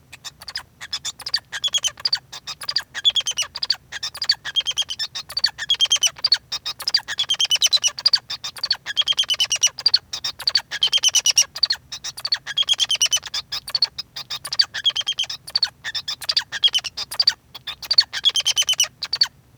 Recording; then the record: song of a male Bengalese finch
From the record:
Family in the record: son of father 2